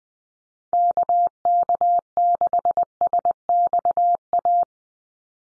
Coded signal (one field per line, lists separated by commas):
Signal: Morse code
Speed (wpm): 20 wpm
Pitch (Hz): 700 Hz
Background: none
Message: KK6SXA